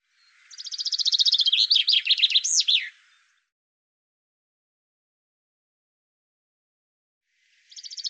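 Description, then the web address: Bird delivering one full phrase of rapid high notes that turn into swooping loops, then after a long gap the start of the next phrase. "cianscape birddata Deverinetal 2025 Bird Fr Co"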